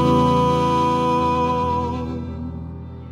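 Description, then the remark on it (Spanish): A UVB-76 shortwave radio buzzing tone drones steadily for about three seconds, harsh and rich in overtones, loud at first and gently fading toward the end, with no voices. “esta es una amable interferencia a la FM 100.3, Radio Comunitaria de Punta del Indio. Transmite UBB 76”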